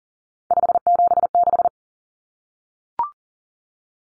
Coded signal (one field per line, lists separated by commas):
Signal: Morse code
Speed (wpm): 40 wpm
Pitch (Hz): 700 Hz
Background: none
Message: 576